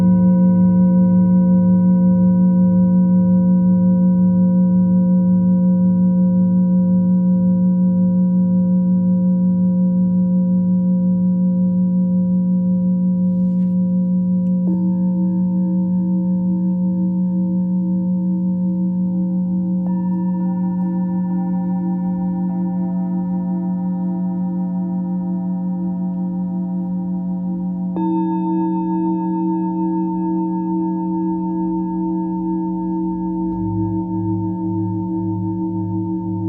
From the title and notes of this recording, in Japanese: 朝のちょこっとLive シンギングボウル。シンギングボウルの波動。